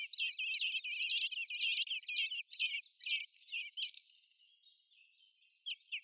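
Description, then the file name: Eurasian blackbird calls come thick and fast at first, then break off into scattered notes and a quiet gap before two last squeaks. "Turdus merula"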